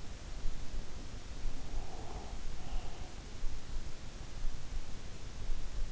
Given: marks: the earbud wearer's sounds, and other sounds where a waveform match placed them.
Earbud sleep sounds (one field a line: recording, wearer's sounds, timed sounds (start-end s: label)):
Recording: sounds in sleep by an in-ear microphone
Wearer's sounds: breath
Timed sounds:
1.49-3.88 s: breath